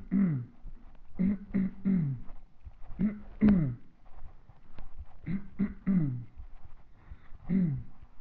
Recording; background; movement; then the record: throat clearing; quiet; walking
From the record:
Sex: male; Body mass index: 20.5 kg/m2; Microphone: on the chest, facing the body